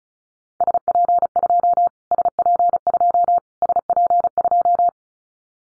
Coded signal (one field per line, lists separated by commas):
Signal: Morse code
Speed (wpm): 34 wpm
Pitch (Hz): 700 Hz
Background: none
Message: SP2 SP2 SP2